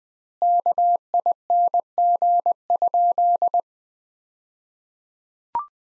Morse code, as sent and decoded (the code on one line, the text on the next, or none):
-.- .. -. --. ..--..
KING?